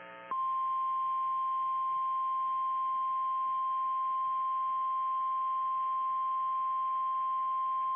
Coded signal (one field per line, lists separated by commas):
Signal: Emergency Alert System (SAME) tones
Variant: 1050 Hz attention tone